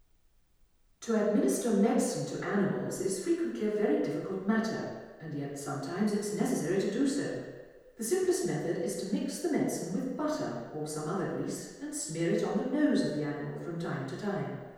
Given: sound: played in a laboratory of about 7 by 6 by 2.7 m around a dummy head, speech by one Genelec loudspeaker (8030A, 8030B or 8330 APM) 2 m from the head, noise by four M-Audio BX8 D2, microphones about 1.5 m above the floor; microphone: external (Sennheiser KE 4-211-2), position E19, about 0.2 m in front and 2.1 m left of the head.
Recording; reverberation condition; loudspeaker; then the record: female speech in English; high; 120 degrees to the right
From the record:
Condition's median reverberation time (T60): about 1300 ms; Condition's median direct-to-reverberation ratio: about -4.0 dB